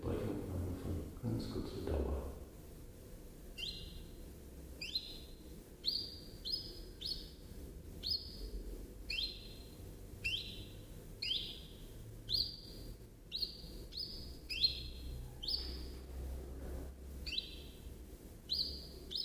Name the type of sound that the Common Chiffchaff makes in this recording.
song